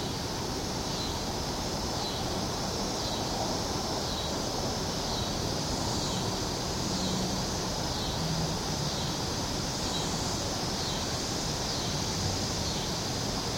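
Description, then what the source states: Periodical cicada chorus: a dense, unbroken high buzzing hiss that swells and fades in slow waves every couple of seconds. 17-year cicadas, recorded 2 July 2007 at 5:26 pm.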